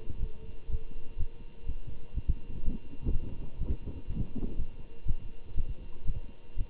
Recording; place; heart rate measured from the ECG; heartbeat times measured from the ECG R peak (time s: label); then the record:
heart sounds by stethoscope; between the tricuspid and mitral areas; 123 bpm
0.19 s: heartbeat
0.68 s: heartbeat
1.17 s: heartbeat
1.65 s: heartbeat
2.14 s: heartbeat
2.62 s: heartbeat
3.10 s: heartbeat
3.58 s: heartbeat
4.07 s: heartbeat
4.56 s: heartbeat
5.04 s: heartbeat
5.54 s: heartbeat
6.05 s: heartbeat
6.56 s: heartbeat
From the record:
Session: Bruce protocol treadmill stress test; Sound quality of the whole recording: good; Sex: male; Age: 25 years